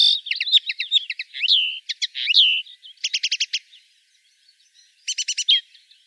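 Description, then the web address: Common linnet song with quick chattering twitters and slurred notes, followed by two short buzzy trill bursts a couple of seconds apart. "rdewys kneu"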